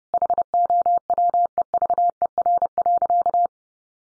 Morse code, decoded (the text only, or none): HOWEVER.